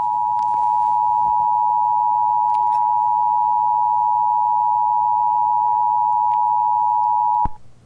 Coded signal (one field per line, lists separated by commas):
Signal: Emergency Alert System (SAME) tones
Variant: 853 and 960 Hz attention tone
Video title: How to make eas scenario